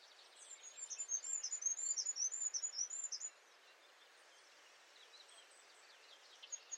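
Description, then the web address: Bird producing a burst of quick, high, slurred chirps for about three seconds, followed by quiet hiss and a few faint notes. "birddata Deverinetal 2025"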